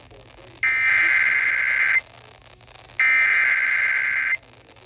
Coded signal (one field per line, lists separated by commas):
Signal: Emergency Alert System (SAME) tones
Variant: header bursts